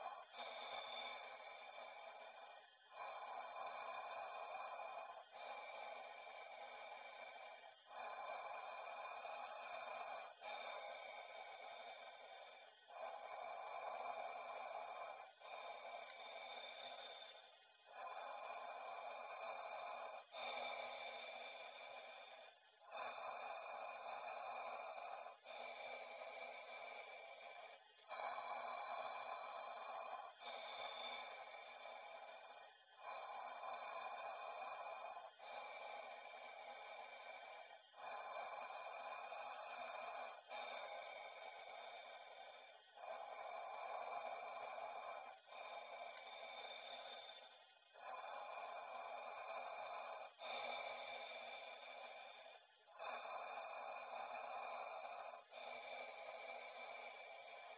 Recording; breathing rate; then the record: paced breathing near a phone; 12 breaths a minute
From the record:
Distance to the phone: 40 cm